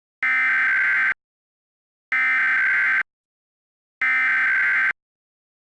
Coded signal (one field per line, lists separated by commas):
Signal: Emergency Alert System (SAME) tones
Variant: header bursts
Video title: Mock EAS - West Virginia Required Monthly Test July 2020